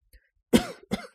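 Two short, rough bursts of air about half a second apart from an adult woman: a cough followed by a briefer throat clear. The sound is dry and noisy rather than wet, and a faint click comes just before it in an otherwise quiet room.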